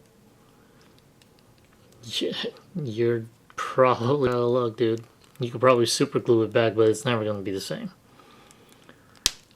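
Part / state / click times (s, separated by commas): plastic part or peg of an action figure into its socket / seated / 9.3 s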